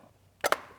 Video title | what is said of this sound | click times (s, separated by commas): I Taught My Wife How To Change Oil! | they just click into place and now you can just reassemble it | 0.4 s, 0.5 s